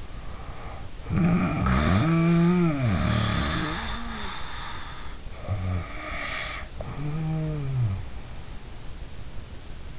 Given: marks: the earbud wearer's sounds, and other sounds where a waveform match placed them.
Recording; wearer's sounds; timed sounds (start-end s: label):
sounds in sleep by an in-ear microphone; snoring breath
0.00-5.21 s: snoring breath
5.41-8.16 s: snoring breath